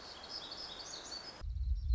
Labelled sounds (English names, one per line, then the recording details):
Black-throated Gray Warbler
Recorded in Sonoma County, California